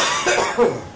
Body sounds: coughing mixed with background sound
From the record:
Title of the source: Spring Cold Coughing 2

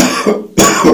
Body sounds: coughing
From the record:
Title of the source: Spring Cold Coughing 3

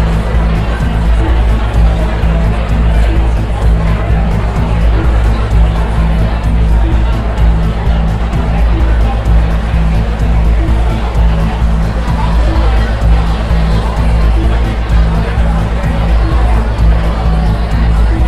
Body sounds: background sound without coughing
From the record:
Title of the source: Party Noise 1 Hour Party Ambience

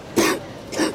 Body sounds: coughing mixed with background sound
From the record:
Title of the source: 60 coughing still (deep and wet cough)

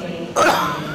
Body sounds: coughing mixed with background sound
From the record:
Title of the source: Heavy cold and sore throat coughing.

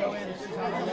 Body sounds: coughing mixed with background sound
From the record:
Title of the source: Female coughing - Sound effects

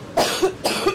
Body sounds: coughing mixed with background sound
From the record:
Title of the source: 61 morning phlegmy cough...again

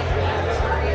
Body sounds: background sound without coughing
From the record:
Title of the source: CITY SOUNDS Busy Bar in the Evening Night - 2 HOURS of Ambiance for Relaxation

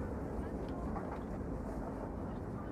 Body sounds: background sound without coughing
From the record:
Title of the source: Train Ride Ambience ambient white noise for sleeping, focus, studying, reading

